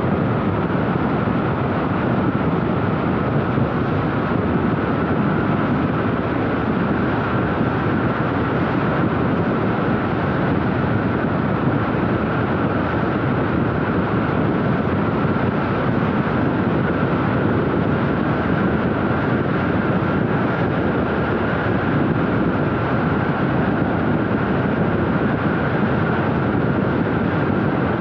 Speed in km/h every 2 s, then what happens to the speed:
97, 98, 99, 99, 100, 109, 109, 110, 110, 117, 104, 104, 103, 101.
0-17 speeds up to 117. 17-28 slows to 101.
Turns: none.